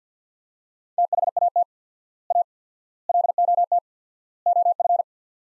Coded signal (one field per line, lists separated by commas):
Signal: Morse code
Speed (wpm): 50 wpm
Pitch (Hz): 700 Hz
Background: none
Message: THAT A LOT OF